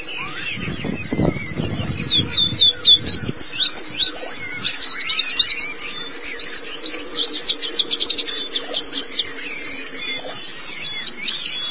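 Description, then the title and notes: White-eye song: dense, very high, thin twittering notes pour out without pause, with a few dull low thumps near the start. "Kicauan Burung Pleci Durasi Panjang. Suara kicauan burung pleci"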